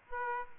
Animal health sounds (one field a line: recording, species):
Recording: mosquito wingbeat signal from an infrared sensor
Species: Aedes aegypti